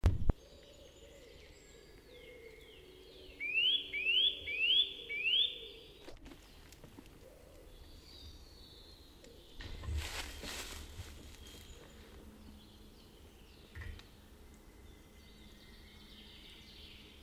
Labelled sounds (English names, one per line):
Eurasian Nuthatch call